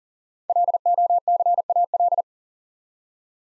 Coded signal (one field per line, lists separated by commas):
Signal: Morse code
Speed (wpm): 40 wpm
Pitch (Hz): 700 Hz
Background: none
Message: LOCAL